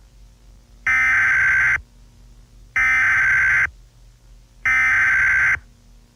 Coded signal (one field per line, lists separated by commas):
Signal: Emergency Alert System (SAME) tones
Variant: header bursts